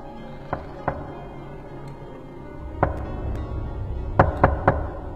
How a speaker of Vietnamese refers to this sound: Đột nhiên ở ngoài cửa lại có tiếng gõ.